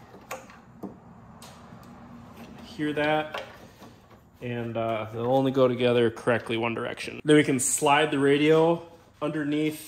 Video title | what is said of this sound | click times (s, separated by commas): K1200LT Fuel Filter / Fuel Pump Replacement | i'm sure you can but every one of them should have a nice positive click | 0.3 s